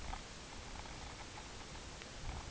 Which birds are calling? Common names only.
none